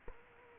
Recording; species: mosquito wingbeat signal from an infrared sensor; Culex quinquefasciatus